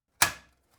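A drive tray in the bottom drive mount of a Lian Li Lancool 217 PC case has its lever lifted and is pulled forward to take it out. A single sharp knock at 0.2 s decays over about a quarter second, followed by near silence with a faint tick around 0.7 s. The drive tray latch releases.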